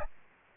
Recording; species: mosquito wingbeat signal from an infrared sensor; Aedes aegypti